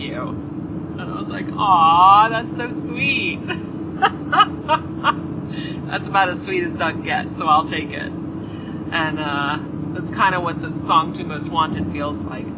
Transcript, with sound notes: And I was like, "Oh, that's so sweet." [Laughter] That's about as sweet as Doug gets, so I'll take it, and that's kind of what the song "II Most Wanted" feels like.